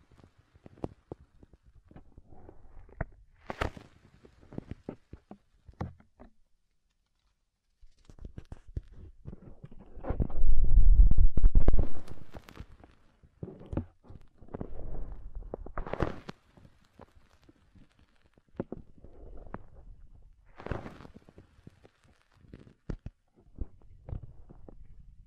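Soft, fluffy ear triggers: brushing and rubbing strokes arrive in uneven bursts with brief taps and crackles between them. A short silent pause falls near the seventh second, and the densest, loudest rubbing comes around ten to twelve seconds, with lighter, scattered strokes after.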